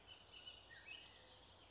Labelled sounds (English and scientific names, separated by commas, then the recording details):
Bullock's Oriole (Icterus bullockii)
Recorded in Sonoma County, California